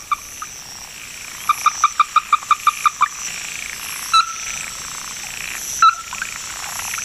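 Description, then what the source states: Ruddy-breasted Crake calling, a quick run of about ten sharp, clipped, evenly spaced notes, then two lone longer notes, over a steady high hiss. Bird of Hokkaido, related to a South American crake and to the Okinawa Rail; no. 121 of the 'Sounds of the Four Seasons' series.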